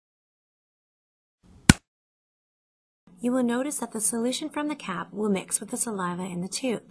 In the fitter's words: close the lid by firmly pushing the lid until you hear a loud click